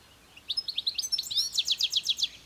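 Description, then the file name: European goldfinch with a short run of tinkling high notes leading into a rapid, evenly repeated buzzy trill. "Carduelis carduelis"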